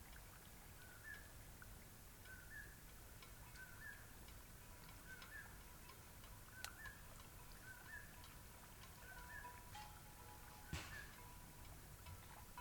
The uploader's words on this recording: This was recorded on a cloudy night beside Taylor Lake in the Russian Wilderness, Klamath National Forest, Siskiyou County, California. The recording starts at around midnight and continues until sunrise. The night was fairly calm with a faint breeze blowing through the treetops.